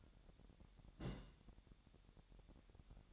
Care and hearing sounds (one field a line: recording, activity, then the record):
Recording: daily activity, microphone in the room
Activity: place on stove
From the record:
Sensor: 3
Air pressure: 1012.1 hPa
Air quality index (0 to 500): 197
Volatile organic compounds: 3 ppm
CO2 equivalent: 1478 ppm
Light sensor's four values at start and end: 121/286/118/107 and 121/286/118/107